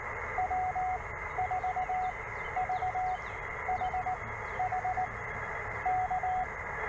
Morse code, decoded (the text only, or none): W4VHH K